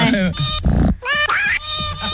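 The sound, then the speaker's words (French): A cat makes a strange, warbling noise: loud, wavering yowls that slide up and down in pitch, broken by a rough, grunting burst in the middle. “dit pas qu'il a un bruit chelou, son chat?”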